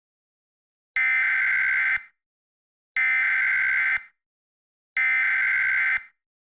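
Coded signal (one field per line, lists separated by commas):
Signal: Emergency Alert System (SAME) tones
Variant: header bursts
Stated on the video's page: Fictional scenario alert based on the film A Quiet Place Part II, a prediction of hypothetical alerts.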